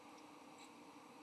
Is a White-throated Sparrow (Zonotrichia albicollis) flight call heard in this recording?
no